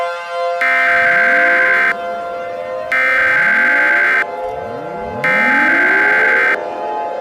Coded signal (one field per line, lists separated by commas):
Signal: Emergency Alert System (SAME) tones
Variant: header bursts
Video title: EAS Scenario #5: The Fog Is Coming... [Remastered]